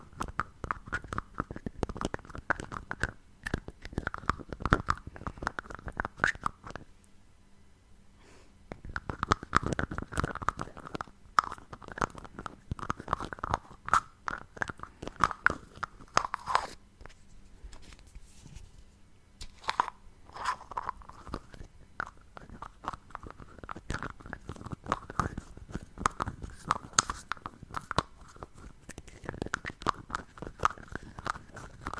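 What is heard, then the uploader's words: Lid sounds: a busy run of clicks, taps and scrapes, with a squeaky, rubbing tone near the middle pitches coming and going. The handling pauses briefly around 7 to 9 seconds and again near 17 to 19 seconds, then resumes just as densely. ASMR Lid Sounds.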